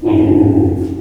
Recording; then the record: squeal of a Yucatan mini pig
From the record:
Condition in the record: before surgery on the right vocal fold (resection and tissue-engineered implant); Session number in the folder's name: 1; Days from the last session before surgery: -21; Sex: female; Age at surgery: 19 weeks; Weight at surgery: 25 kg